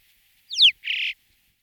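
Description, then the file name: Alpine chough giving a single high slurred whistle followed at once by a harsh buzzy rasp, then silence. Recorded in 2004. "roche 2004 alpendohle"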